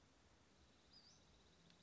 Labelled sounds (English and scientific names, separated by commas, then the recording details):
Western Flycatcher (Empidonax difficilis)
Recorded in Sonoma County, California